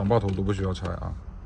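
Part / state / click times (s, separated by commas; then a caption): gear shifter trim panel into center console / not seated / none. Someone talks while the assembled plastic gear-shift surround panel is handled over the center console of a Ford Fiesta ST MK7, ready to be pressed straight down, with the shift knob left on, to finish a WK Motorsport short shifter installation. Nothing has seated or clicked yet; the clip ends just before the panel goes home.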